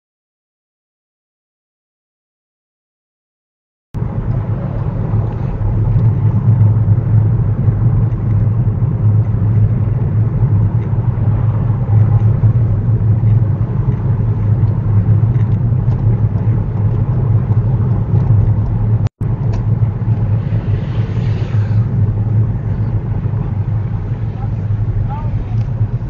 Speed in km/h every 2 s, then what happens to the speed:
34, 35, 34, 34, 34, 34, 34, 34, 34, 32, 32, 27, 23.
0-17 steady at about 34. 17-26 slows to 23.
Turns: none.